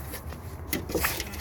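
The second clip or connector on the windshield washer pump in the reservoir of a 2014 Ford Escape is fastened during a washer pump replacement and tank filter cleaning. It snaps home with a sharp click at 0.7 s over a steady low background rumble, with a few fainter knocks around it. The result is that both are attached and secure.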